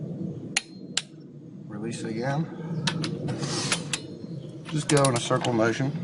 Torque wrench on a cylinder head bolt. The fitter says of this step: Once it clicks, release it.